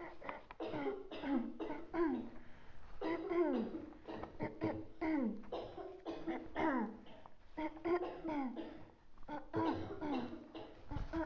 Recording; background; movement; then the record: throat clearing; a bystander coughing; sitting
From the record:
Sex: female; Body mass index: 18.8 kg/m2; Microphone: on the chest, facing outward